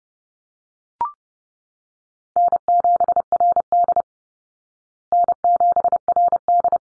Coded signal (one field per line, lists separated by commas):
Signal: Morse code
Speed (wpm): 30 wpm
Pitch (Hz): 700 Hz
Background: none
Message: N7RD N7RD